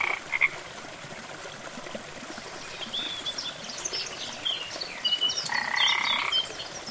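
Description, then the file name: Frog croaking: a short harsh buzzy call near the start and a longer rasping burst late on, with high chirping sounds and a steady wash of background noise. "rana"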